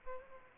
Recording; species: mosquito wingbeat signal from an infrared sensor; Aedes aegypti